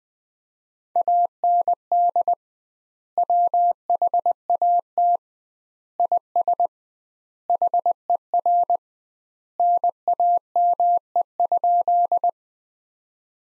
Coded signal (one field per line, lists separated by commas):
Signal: Morse code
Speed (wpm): 19 wpm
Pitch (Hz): 700 Hz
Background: none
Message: AND WHAT IS HER NAME?